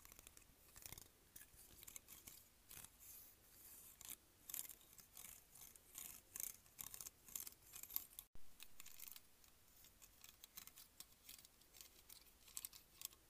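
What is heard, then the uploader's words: Close-up clicking and snapping of a hair clip, a dense, irregular run of crisp, bright ticks and short scratchy rustles with no steady rhythm. The sounds are very near and quiet underneath, with a brief silent break just past eight seconds. ASMR Hair Clip.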